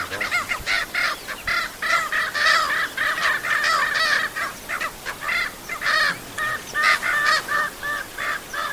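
Bird cackling: a dense run of clipped honking calls that overlap almost without pause, then break into short separate calls toward the end.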